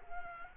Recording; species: mosquito wingbeat signal from an infrared sensor; Culex quinquefasciatus